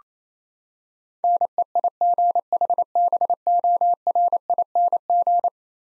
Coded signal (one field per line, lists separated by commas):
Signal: Morse code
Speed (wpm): 28 wpm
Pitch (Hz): 700 Hz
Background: none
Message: NEIGHBORING